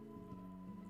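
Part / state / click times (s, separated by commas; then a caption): plastic part into an action figure joint / not seated / none. A plastic part is handled against a plastic action figure's joint on a second try after a failed first attempt, with faint small handling taps over steady background music. Nothing has seated or clicked yet.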